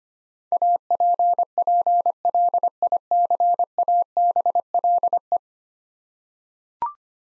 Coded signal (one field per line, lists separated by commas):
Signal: Morse code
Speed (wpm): 25 wpm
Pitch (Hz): 700 Hz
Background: none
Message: APPLICABLE